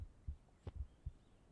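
Soft, low, regular lub-dub thumps of a calm adult heartbeat, heard up close in a quiet room; a heart sound meant to be calming.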